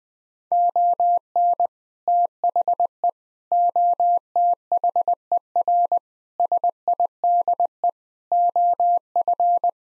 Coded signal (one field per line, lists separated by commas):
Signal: Morse code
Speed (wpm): 20 wpm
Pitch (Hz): 700 Hz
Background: none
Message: ON THE OTHER SIDE OF